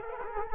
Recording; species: mosquito wingbeat signal from an infrared sensor; Culex quinquefasciatus